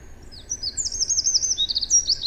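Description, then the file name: Eurasian wren song: after a soft start, a bright, rapid trill of high wavering notes builds and runs on to the end. "Troglodytes troglodytes"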